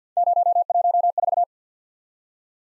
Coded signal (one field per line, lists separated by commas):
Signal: Morse code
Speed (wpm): 47 wpm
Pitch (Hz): 700 Hz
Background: none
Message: 014